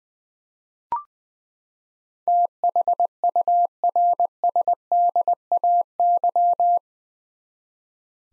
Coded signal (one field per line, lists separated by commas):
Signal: Morse code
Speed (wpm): 21 wpm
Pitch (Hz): 700 Hz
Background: none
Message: THURSDAY